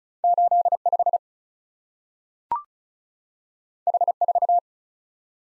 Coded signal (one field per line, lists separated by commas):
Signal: Morse code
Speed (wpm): 36 wpm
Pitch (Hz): 700 Hz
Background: none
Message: 85 H4